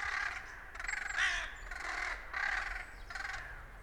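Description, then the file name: Ravens giving several rough, grating caws. Ravens attacking a buzzard, a bird of prey; field recording. "Ravens Attack Busshard Raptor Field Recording"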